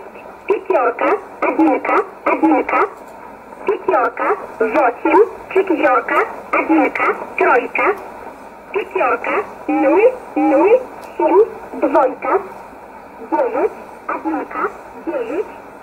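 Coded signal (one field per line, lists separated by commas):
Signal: numbers station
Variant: S11a Cherta, Russian voice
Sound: short spoken words read at an even, steady pace through a narrow radio voice channel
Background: radio hiss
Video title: 25 06 2020 S11a Cherta Numbers station in Russian 0709 on 9339 unknown tx site in USB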